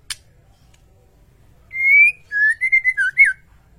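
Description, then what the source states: White-rumped shama song: a sharp click, then a long whistled note followed by a quick run of short warbled whistles rising and falling. Cage-bird masteran training track, song described as full ngerol nembak.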